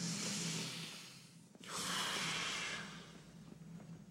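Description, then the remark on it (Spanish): A woman biting on an object placed in her mouth to stop her biting her tongue takes a deep breath: a long, airy inhale swells for over a second, then after a brief pause a fuller, louder exhale rushes out before fading, with no talking. “Ahora una respiración profunda.”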